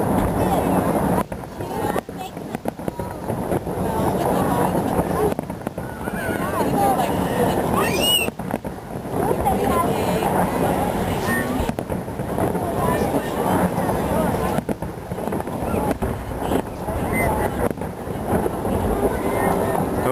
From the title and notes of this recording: New Year's Eve Fireworks 2007, Ottawa, Canada. The last few minutes of the New Year's Eve fireworks in Ottawa. I took this video from behind the Supreme Court building, so it's not the closest view.